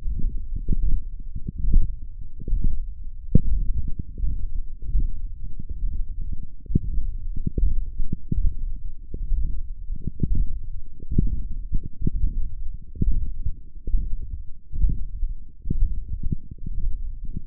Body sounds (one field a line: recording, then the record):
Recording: forearm muscle sounds (acoustic myography)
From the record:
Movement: hook grip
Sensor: system 1, eight BSWA MPA416 microphones around the upper forearm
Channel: 8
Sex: male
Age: 23 years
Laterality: right